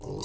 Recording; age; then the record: pig call; weaner (32 to 43 days)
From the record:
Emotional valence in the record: negative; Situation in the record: novel object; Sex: female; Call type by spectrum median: low-frequency call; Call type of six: mixed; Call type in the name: high-frequency modulated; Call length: 0.26 s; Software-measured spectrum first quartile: 308 Hz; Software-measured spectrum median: 1078 Hz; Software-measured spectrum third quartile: 6112 Hz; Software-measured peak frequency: 127 Hz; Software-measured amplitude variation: 146 dB a second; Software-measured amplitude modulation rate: 31.3 a second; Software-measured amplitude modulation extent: 4.7 dB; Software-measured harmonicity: 0.1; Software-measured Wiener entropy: -4.66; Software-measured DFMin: 860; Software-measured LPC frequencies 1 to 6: 392, 934, 2022, 2951, 3932, 4797 Hz